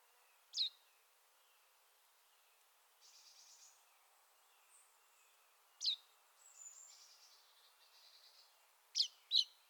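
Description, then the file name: Common chaffinch calls: scattered sharp high notes with faint buzzy and whistled sounds between them, ending in two quick notes. "Fringilla coelebs"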